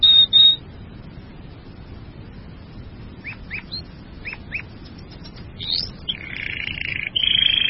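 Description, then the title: Bird sounds: a short high whistle, a few spaced sharp chirps, then a buzzy trill that starts near the end. "burung online"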